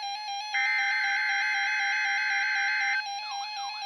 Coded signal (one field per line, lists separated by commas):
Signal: Emergency Alert System (SAME) tones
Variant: header bursts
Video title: Required Weekly Test - EAS #1,222 - 7/30/14 11:15 AM